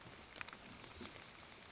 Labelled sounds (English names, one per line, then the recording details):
Oak Titmouse
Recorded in Sonoma County, California